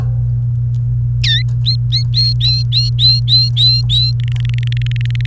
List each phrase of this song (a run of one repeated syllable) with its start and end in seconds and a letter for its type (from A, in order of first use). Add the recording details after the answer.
1.24-1.42 A, 1.66-4.11 B, 4.19-5.26 C. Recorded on 29 April 2018 at 16:35. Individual llb3